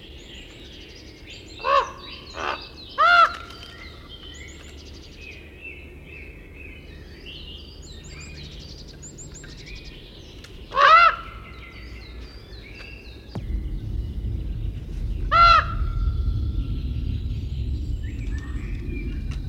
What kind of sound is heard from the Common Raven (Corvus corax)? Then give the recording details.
call. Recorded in captivity. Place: Serrahn, Mecklenburg-Vorpommern, DE. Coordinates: 53.344, 13.204. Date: 1978-08-04 06:45. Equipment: Nagra III BH, Sennheiser MD 21, parabola. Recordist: Schubert, Michael